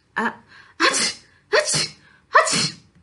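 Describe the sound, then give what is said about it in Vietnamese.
Four sneezes outside a door in quick succession, each a short inhaled catch followed by a sharp, bright burst, spaced evenly under a second apart and fairly loud, with no talking. “Đột nhiên, ngoài cửa vang lên mấy tiếng hắt xì hơi, cắt ngang nửa câu sau của Công Tôn tiên sinh”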